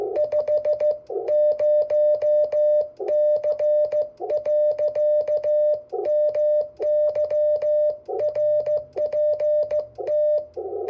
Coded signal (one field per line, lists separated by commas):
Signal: Morse code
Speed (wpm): 14 wpm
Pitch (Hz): 600 Hz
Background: none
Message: 50C . MY RPT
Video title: Working SKCC member Glenn in NC W2BX NR 27599T